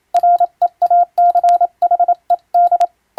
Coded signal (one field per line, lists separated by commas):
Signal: Morse code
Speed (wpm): 27 wpm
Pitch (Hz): 700 Hz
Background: none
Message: REACHED